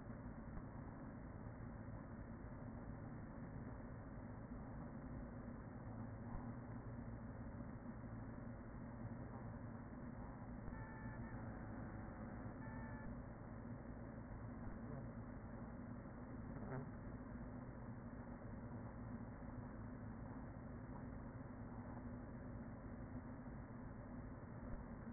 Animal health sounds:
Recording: honeybee colony, microphone inside the hive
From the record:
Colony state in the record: queen present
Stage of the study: after two queens were removed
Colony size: about 40,000 bees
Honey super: no

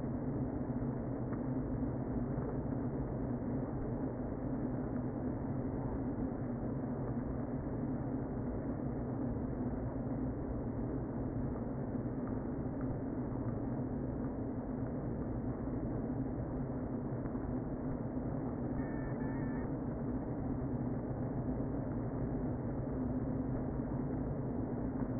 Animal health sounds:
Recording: honeybee colony, microphone inside the hive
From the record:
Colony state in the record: queen present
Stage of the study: before two queens were removed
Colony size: about 60,000 bees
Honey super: yes

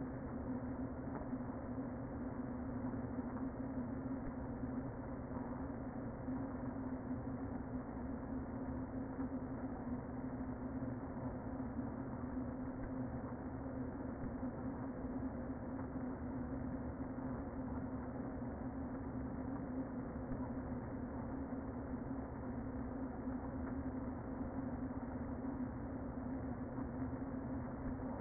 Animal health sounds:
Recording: honeybee colony, microphone inside the hive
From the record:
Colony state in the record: queen present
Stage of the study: before two queens were removed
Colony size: about 60,000 bees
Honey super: yes

